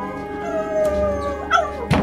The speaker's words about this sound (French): Mon chien s'est mis à hurler à la mort devant la porte de Monsieur Bergamotte.